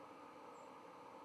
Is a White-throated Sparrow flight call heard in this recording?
yes